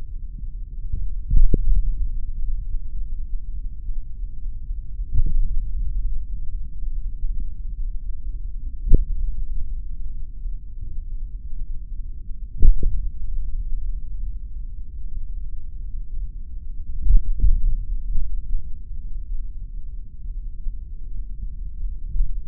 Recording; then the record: forearm muscle sounds (acoustic myography)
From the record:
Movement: tripod grip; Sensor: system 3, bracelet of six PUI Audio POM-2738L microphones around the upper forearm, with dedicated amplification and filtering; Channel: 4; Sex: male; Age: 26 years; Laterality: right